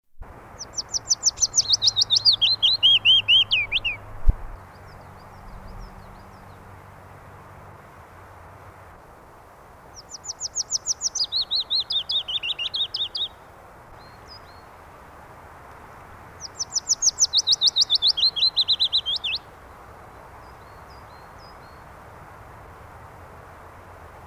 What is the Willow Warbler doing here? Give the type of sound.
song